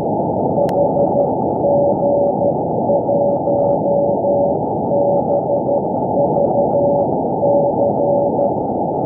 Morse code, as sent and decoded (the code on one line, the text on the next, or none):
.... --. .---- -... ...- -.-.
HG1BVC